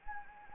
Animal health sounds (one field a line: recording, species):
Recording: mosquito wingbeat signal from an infrared sensor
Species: Anopheles gambiae